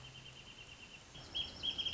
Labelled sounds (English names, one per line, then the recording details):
Wrentit
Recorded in Sonoma County, California